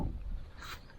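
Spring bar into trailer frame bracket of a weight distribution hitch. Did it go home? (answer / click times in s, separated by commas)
no / none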